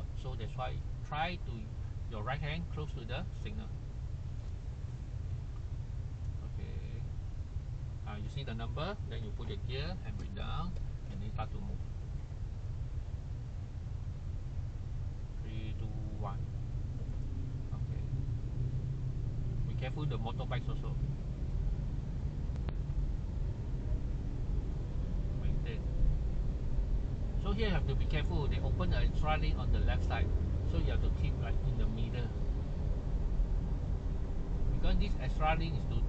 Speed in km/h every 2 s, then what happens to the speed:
0, 0, 0, 0, 0, 0, 0, 0, 0, 2, 9, 14, 17, 23, 27, 31, 32, 34.
0-18 standing. 18-36 pulls away to 34.